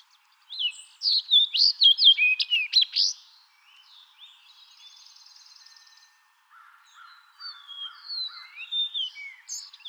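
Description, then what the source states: Fox Sparrow singing one loud, varied phrase of slurred whistles lasting about two and a half seconds, followed by softer chirps and trills. Dated 21 April 2011.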